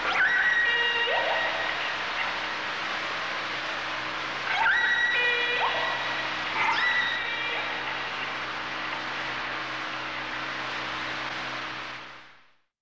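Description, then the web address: Orca calls with stacked harmonics, short upward sweeps in a loose cluster early and midway, then fading out under a constant hiss of background noise. "kasatka"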